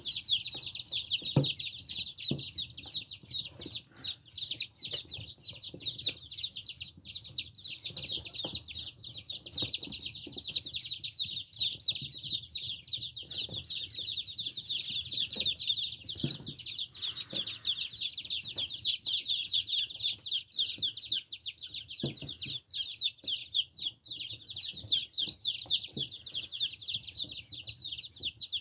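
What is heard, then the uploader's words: Silky chicks chirp excitedly over dried meal worms, a dense, continuous chorus of high, rapid peeps that never lets up across the whole stretch. Underneath, scattered soft taps and low thumps come and go irregularly, with a brief rustle around the seventeen-second mark. Silky chicks excited about dried meal worms.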